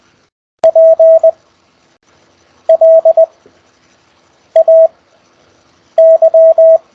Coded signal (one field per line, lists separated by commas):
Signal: Morse code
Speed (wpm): 20 wpm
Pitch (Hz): 650 Hz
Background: none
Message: PLAY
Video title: CW Morse Code QSO Practice Over Skype Week Eight